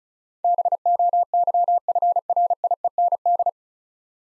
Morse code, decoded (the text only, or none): BOYFRIEND